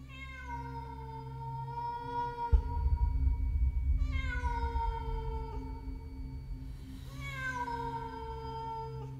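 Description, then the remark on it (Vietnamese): A black cat with green eyes, standing on a rooftop at night, yowls in long, wailing cries that sound like a crying child, three drawn-out calls with rising and falling pitch over a low rumbling background, no talking. “Tiếng mèo kêu, nghe cứ như tiếng trẻ con khóc trong đêm.”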